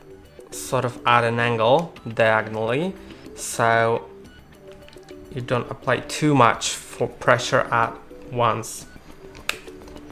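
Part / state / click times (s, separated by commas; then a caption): back door into the hinge of the action camera waterproof housing / seated / 9.5 s. Someone talks while the replacement back door of an SJCAM SJ8 PRO action camera's plastic waterproof housing is pressed onto its hinge at an angle, diagonally, so that not too much pressure is applied at once. A small, sharp click is heard at 9.5 s as the door snaps on and is seated on the hinge.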